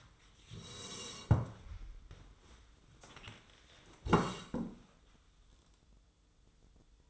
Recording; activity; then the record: daily activity, microphone in the room; sit down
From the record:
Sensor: 3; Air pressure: 1005.2 hPa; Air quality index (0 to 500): 94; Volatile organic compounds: 3 ppm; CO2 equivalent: 1462 ppm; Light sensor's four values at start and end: 10/21/9/9 and 10/22/9/9